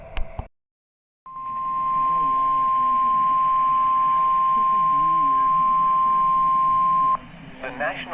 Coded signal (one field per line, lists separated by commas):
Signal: Emergency Alert System (SAME) tones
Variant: 1050 Hz attention tone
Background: speech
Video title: EAS Alerts